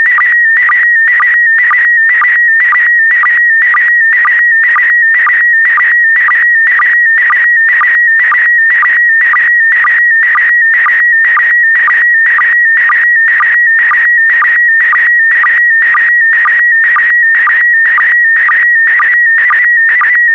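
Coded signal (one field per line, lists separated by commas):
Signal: SSTV (slow-scan television)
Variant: PD120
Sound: steady warbling, buzzing tone with a rhythmic chirp about twice a second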